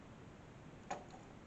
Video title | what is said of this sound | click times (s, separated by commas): Vlog 30: Résumé du mois d'octobre, ce vlog n'a pas de sens... | donc là ça rentre bien ici il faut que j'agrandisse pour que ça se clipse parfaitement | 0.9 s